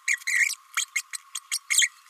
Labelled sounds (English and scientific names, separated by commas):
Green-rumped Parrotlet (Forpus passerinus) babbling